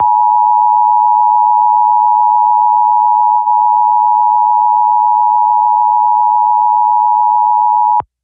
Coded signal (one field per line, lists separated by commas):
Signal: Emergency Alert System (SAME) tones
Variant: 853 and 960 Hz attention tone